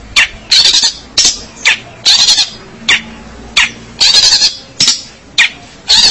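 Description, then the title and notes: Long-tailed shrike giving loud, harsh, scraping rasps that alternate with short sharp notes in an uneven rhythm. Dated 201703 (March 2017). "Pentet 201703. Suara burung pentet"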